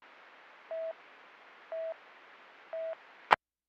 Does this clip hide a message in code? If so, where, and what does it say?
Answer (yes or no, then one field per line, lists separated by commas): no